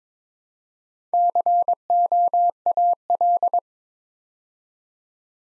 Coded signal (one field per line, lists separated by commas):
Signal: Morse code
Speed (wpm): 22 wpm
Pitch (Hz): 700 Hz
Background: none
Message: COAL